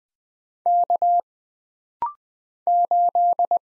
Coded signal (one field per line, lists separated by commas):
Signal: Morse code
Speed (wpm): 20 wpm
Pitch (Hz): 700 Hz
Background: none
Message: K 8